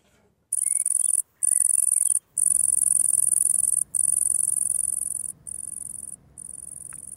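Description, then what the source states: Great green bush-cricket song: high, dry continuous buzzing trills in bursts broken by short pauses, with faint bird notes early on. Song at 33 °C; song changes with temperature, making the insect a walking thermometer; below 12 to 16 °C too cold to sing.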